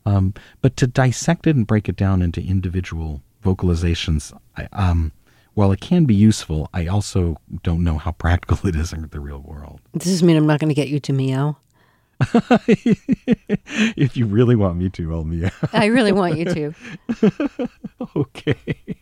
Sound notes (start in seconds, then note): 12.2 laughing; 16.9 laughing